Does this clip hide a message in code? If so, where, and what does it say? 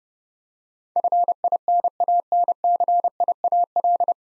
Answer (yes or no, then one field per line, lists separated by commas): yes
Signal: Morse code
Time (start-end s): 1.0-4.1 s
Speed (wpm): 30 wpm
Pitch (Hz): 700 Hz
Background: none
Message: FINANCIAL